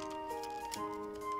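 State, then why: Not seated. On a Bandai MB Justice Gundam plastic model figure, the clip on the second wing is pushed toward the side of the backpack thruster, the same way as on the first side. Over steady background music, two short, sharp ticks come at 0.7 s and 1.4 s. Nothing has seated or clicked into place yet.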